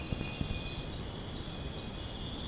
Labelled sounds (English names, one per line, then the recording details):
none
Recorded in dense forest near Puerto Asís, Putumayo, Colombia, on 29 June 2025 at 04:30
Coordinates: 0.486, -76.317
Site G065